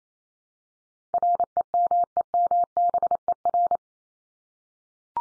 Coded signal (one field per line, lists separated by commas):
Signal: Morse code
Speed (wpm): 28 wpm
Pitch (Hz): 700 Hz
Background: none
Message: REMEMBER